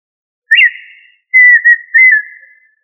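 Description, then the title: Tinamou whistles: a few clear whistled notes, the first with a quick upward flick at its start, the later ones nearly level. "Familia Tinamidae - Quail - Puyuh"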